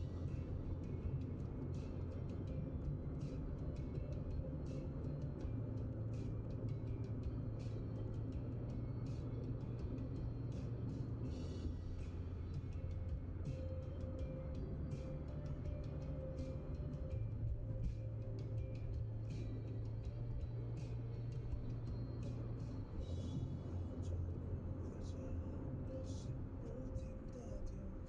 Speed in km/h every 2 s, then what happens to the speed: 84, 84, 84, 83, 83, 82, 82, 78, 78, 78, 78, 77, 75, 73.
0-28 slows to 73.